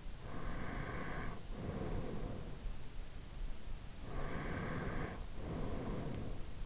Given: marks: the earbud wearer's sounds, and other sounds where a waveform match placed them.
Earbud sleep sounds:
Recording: sounds in sleep by an in-ear microphone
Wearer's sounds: breath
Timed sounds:
0.22-2.59 s: breath
3.98-6.66 s: breath

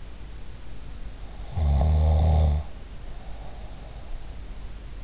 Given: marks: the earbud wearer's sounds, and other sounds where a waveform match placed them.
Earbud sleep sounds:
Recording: sounds in sleep by an in-ear microphone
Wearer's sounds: snoring breath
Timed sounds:
1.34-4.11 s: snoring breath

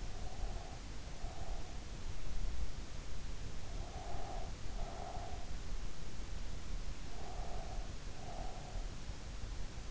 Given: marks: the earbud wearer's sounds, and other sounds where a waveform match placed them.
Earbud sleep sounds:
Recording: sounds in sleep by an in-ear microphone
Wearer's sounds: breath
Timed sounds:
0.00-1.94 s: breath
3.65-5.71 s: breath
7.14-8.91 s: breath

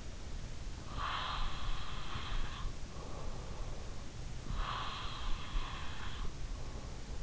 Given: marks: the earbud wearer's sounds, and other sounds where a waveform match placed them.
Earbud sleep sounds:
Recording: sounds in sleep by an in-ear microphone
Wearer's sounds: breath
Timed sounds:
0.38-3.35 s: breath
4.15-7.23 s: breath

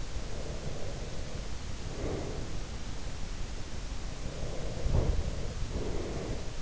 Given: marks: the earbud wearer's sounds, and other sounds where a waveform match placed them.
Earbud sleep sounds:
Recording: sounds in sleep by an in-ear microphone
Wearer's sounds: breath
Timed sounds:
0.09-2.94 s: breath
4.13-6.62 s: breath

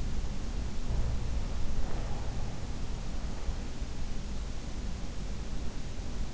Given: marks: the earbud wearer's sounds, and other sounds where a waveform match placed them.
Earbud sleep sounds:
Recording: sounds in sleep by an in-ear microphone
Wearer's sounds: breath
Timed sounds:
0.64-2.45 s: breath

